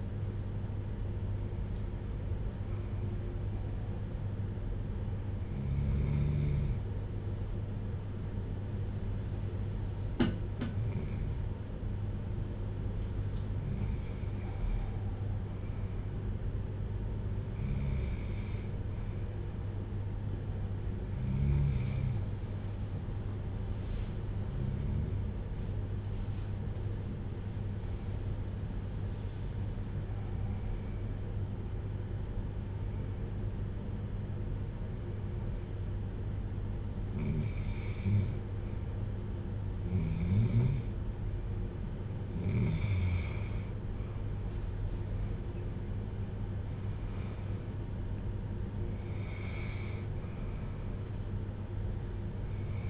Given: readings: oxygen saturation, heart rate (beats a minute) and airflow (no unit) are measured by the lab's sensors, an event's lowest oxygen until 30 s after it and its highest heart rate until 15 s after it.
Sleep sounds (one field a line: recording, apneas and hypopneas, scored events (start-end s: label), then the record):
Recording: breathing in sleep by a smartphone at the bedside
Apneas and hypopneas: 1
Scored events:
22.00-44.90 s: hypopnea (REM, oxygen 93% highest, then 88% lowest, heart rate 64 at the start, 78 highest)
From the record:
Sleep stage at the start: REM sleep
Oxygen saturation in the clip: 90 to 94%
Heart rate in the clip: 58 to 78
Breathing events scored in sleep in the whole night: 310 in 8.1 hours asleep